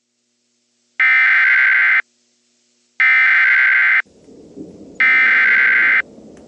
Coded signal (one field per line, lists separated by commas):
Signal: Emergency Alert System (SAME) tones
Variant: header bursts